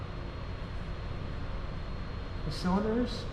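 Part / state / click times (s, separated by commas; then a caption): cylinder joint connector into face frame part / not seated / none. A cylinder joint connector is lined up with a wooden face frame part before being pushed in, with quiet handling over a steady background hiss while someone talks. Nothing has seated or clicked yet.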